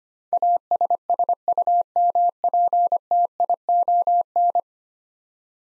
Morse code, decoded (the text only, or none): ASSUMPTION